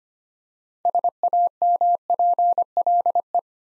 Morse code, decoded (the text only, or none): SAMPLE